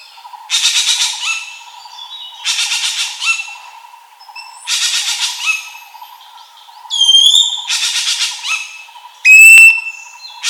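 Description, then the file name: Common green magpie: harsh chattering bursts repeated every few seconds, broken by clear whistled notes, one very loud, with a steady hum behind. "suara burung ekek layongan atau cissa chinensis"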